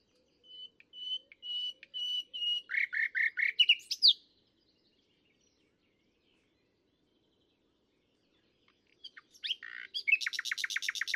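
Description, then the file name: Common nightingale song: a steady whistled note repeated, building into fast loud chirps, then after silence a rapid buzzy high trill. "Luscinia megarhynchos"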